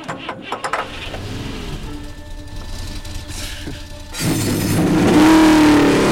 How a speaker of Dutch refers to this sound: Heren, start uw motor.